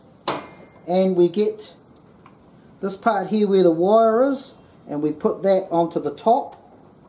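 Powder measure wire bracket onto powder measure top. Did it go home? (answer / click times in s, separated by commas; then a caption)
no / none. Someone talks while handling the wired part of the powder measure on a Dillon RL550B reloading press, bringing it to the top of the measure; a sharp knock near 0.3 s and a couple of faint ticks around 2.0 s and 2.3 s break the speech. Nothing has seated or clicked yet.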